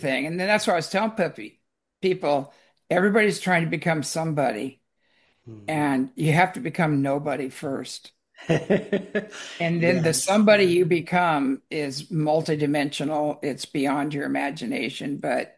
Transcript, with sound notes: and then that's what I was telling peppy- people. Everybody's trying to become somebody.
Mm-hmm.
And you have to become nobody first.
(laughs) Yeah.
And then the somebody you become is multidimensional. It's beyond your imagination.